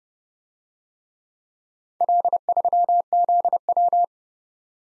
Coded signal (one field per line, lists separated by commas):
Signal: Morse code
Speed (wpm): 30 wpm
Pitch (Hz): 700 Hz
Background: none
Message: L3ZW